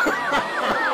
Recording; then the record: coughing mixed with background sound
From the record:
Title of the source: Heavy cold and sore throat coughing.